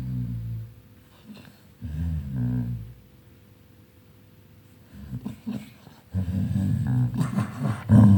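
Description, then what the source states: Dog growling in low, rough bursts, two short spells early on, then a quieter stretch before a long, loud growl runs through the final two seconds. Angry-sounding dog while playing.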